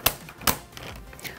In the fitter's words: Vous allez entendre plusieurs clics.